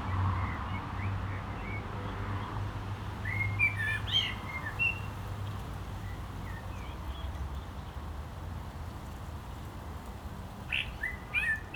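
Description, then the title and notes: Blackbird song in scattered short whistled and twittered phrases, separated by pauses, with a humming engine drone underneath. Singing in a barranco at Agaete, Las Palmas, Spain, with cars on a nearby road; recorded with DPA-2006c microphones in AB position into a MixPre-3. "Agaete, Las Palmas, Espagne - Blackbird singing in the barranco. Blackbird, cars from the road nearby. Un merle chante dans le barranco, voitures sur la route pas loin"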